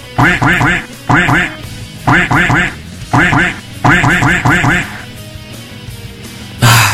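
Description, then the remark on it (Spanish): A voice imitates a duck, letting out loud nasal quacks in quick rhythmic clusters of three or four, repeated several times, then a pause and one final loud burst. “Repítela, pato, por favor.”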